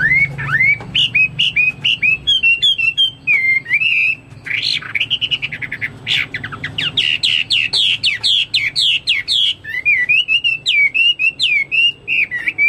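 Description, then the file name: Chinese hwamei song, a fast varied stream of loud whistled and slurred notes, some buzzy bursts in the middle, continuing throughout over a faint low hum. "omkicau hwamei"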